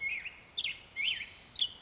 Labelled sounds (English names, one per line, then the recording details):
Black-headed Grosbeak
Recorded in Sonoma County, California